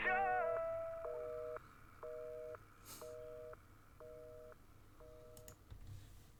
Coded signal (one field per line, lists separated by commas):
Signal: telephone call progress tone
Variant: North America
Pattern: busy tone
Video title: Catch Your Breath - Dial Tone - Aussie Metalhead Reaction